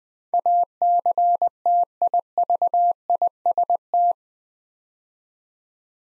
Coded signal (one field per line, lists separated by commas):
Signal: Morse code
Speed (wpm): 20 wpm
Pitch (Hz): 700 Hz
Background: none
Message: ACTIVIST